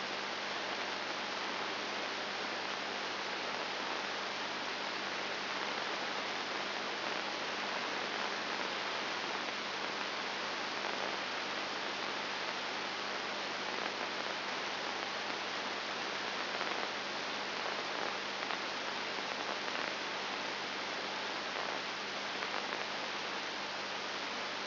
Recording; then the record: brain microelectrode recording played as sound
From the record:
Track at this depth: inside the subthalamic nucleus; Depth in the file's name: 1.505 mm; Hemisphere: left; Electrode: 2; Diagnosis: Parkinson's disease